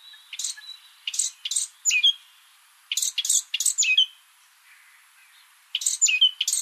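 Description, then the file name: Eurasian blackcap: short clusters of hard, scratchy chirps with brief slurred notes, separated by short pauses. "Sylvia atricapilla"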